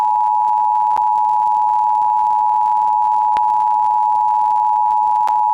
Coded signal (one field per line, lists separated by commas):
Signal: Emergency Alert System (SAME) tones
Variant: 853 and 960 Hz attention tone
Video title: Pennsylvania Required Monthly Tests (8/18/22)(EAS 1219-1233)